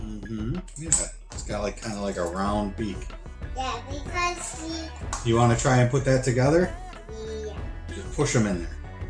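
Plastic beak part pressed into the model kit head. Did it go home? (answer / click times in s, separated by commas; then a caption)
no / none. A plastic beak part for a Piplup model kit is handled and pressed toward the head while someone talks over background music. Nothing has seated or clicked yet; the clip ends just before the part goes home.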